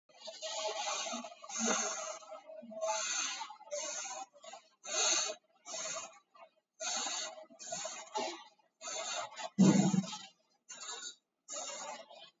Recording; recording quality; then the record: deep breathing; excellent, no background noise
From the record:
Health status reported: exposed to COVID-19, no respiratory illness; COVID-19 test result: negative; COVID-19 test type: RT-PCR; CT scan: taken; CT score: 2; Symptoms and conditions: cough, cold, diabetes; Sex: male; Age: 46 years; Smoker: no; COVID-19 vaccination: one dose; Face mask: worn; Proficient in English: yes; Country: India